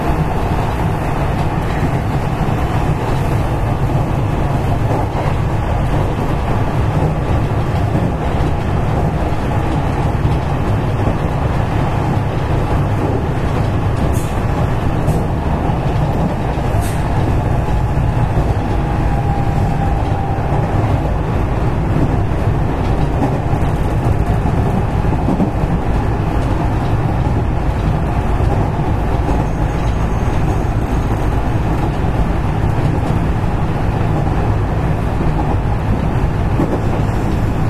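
Running sound of a JR West Series 207 train between Amagasaki and Kobe, heard as a steady, dense low rumble from wheels and motors. The roar holds level throughout, with faint thin squeals flickering briefly around the middle.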